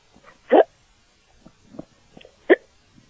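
Two sharp, abrupt gulping clicks about two seconds apart, with a few faint softer catches in between, in a quiet room. These are an adult's hiccups: sudden involuntary diaphragm spasms that snap the vocal cords shut.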